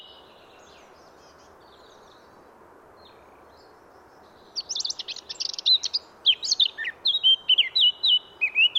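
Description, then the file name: Eurasian blackcap song: a few faint notes, several quiet seconds, then scratchy warbling notes leading into clear whistled, fluting phrases, with broad low background noise throughout. "Sylvia atricapilla"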